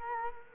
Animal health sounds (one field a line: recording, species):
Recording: mosquito wingbeat signal from an infrared sensor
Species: Culex quinquefasciatus